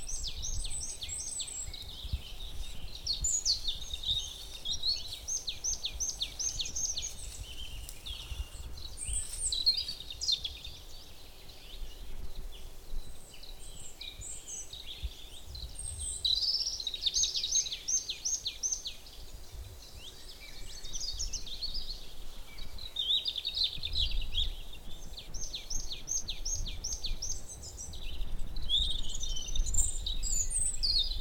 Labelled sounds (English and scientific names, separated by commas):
Marsh Tit (Poecile palustris) call